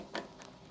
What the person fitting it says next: Voilà, on a entendu le clip.